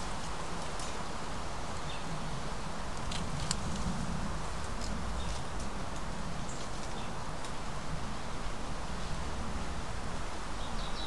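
Ambient sound of an oak-pine forest: a steady, dense hiss and low rumble hold evenly throughout. Brief, faint high chirps and clicks come through scattered across the clip, most around the middle, like small birds or insects above the constant wash.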